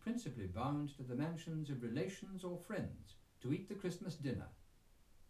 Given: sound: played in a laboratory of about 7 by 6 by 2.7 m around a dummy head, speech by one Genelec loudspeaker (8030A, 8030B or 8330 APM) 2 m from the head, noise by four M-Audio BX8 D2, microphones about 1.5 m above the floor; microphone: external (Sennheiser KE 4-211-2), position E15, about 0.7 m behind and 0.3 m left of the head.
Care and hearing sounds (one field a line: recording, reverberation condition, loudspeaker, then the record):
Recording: male speech in English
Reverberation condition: low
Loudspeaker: 30 degrees to the right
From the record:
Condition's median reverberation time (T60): about 310 ms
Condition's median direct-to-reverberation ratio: about 3.5 dB